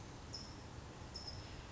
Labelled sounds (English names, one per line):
California Towhee